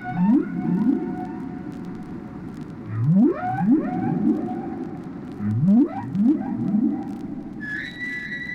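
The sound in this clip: Whale song of quick upward low swoops in pairs and triplets, repeated several times, ending with a high steady whistled tone, over underwater rumble.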